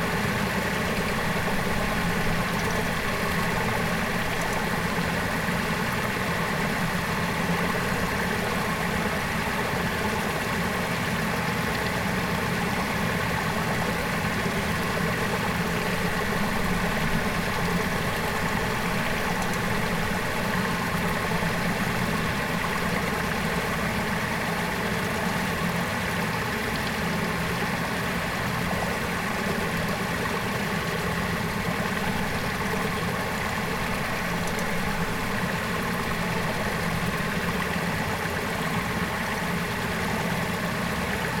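Water rushes in a steady, dense flow from start to finish, with no breaks or changes in level. A low, even hum with an engine-like drone runs beneath it, and faint steady tones sit in the middle range throughout.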